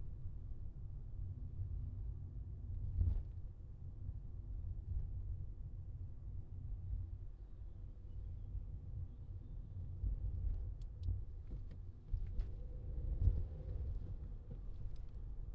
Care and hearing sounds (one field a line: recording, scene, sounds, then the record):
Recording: everyday scene through a hearing-aid microphone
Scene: in a vehicle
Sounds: engine, highway traffic jam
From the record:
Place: Skoda Fabia, gasoline engine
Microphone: in the ear canal, left